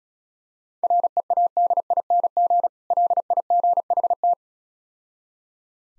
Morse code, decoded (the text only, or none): READING LIGHT